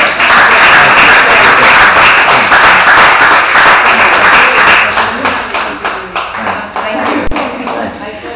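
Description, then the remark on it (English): A crowd applauds in a dense, loud wash of clapping that gradually thins out, leaving scattered individual claps toward the end. “And I think for that, we needed to take pause and applaud you and applaud the team.”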